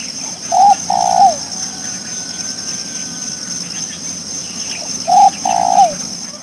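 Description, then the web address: Spotted dove giving two coo phrases, each a brief note and a drawn-out coo ending in a downward slur, with a constant thin high hiss behind. "Peterson North American Birds"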